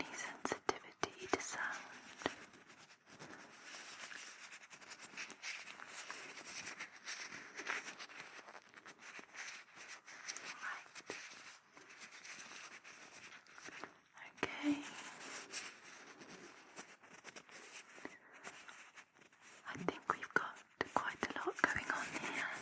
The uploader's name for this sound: Cleaning Deep in Your Ears Ear Massage